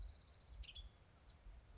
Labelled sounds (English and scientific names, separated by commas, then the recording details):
Western Tanager (Piranga ludoviciana)
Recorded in Sonoma County, California